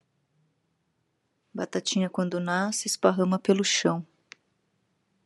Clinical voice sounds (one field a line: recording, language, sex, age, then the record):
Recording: short text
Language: Brazilian Portuguese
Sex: female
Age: 40 to 49 years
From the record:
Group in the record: control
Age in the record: 43 years